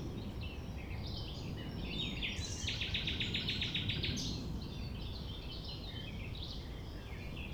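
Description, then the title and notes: Common nightingale song, a loud burst of rapid repeated notes held for about a second and a half, set among varied chirps over a constant low rumble. Recorded at 6 a.m. at sunrise near the Thève river, Champ de Ménage; the nightingale sings without waiting for silence. "6 A.M. Lever du soleil non loin de la Thève au Champ de Ménage. Le rossignol n'attend pas le silence."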